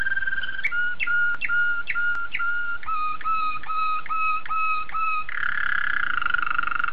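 Domestic canary song: a string of clear whistled two-part notes repeated about twice a second, ending in a rich, warbling roll.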